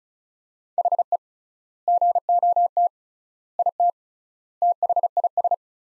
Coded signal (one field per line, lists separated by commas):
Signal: Morse code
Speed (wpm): 34 wpm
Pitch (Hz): 700 Hz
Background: none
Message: HE GOT IT THIS